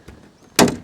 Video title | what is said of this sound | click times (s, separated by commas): BMW E31 Washer Nozzles Replacement | get hold of the whole assembly pull downwards until it clicks out | 0.6 s